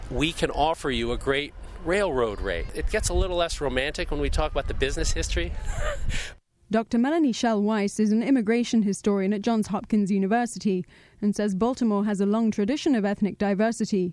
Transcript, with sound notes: “We can offer you a great railroad rate.” It gets a little less romantic when we talk about the business history. [laughing]
Dr. Melanie Shell-Weiss is an immigration historian at Johns Hopkins University and says Baltimore has a long tradition of ethnic diversity.